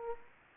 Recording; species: mosquito wingbeat signal from an infrared sensor; Anopheles arabiensis